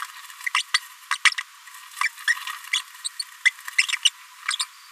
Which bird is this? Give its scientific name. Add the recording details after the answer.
Forpus passerinus. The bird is a female. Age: 29 days. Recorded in a nest box in Venezuela. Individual 17B73B2